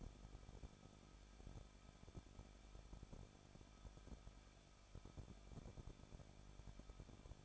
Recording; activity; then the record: daily activity, microphone in the room; no activity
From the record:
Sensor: 5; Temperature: 20.8 degrees Celsius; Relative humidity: 38.3%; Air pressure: 1006.6 hPa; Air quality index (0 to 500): 185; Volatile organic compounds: 17 ppm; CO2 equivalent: 2593 ppm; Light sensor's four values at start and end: 2/3/1/1 and 2/3/1/1